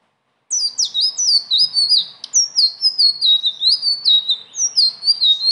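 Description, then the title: Leafbird song: unbroken, lively stream of high slurred whistles and quick chips, rising and falling in rapid succession. Continuous rolling song (gacor, ngeroll) filled with varied phrases (isian); tutor song (masteran) for training other birds. "BURUNG SELENDANG BIRU GACOR NGEROLL ISIAN"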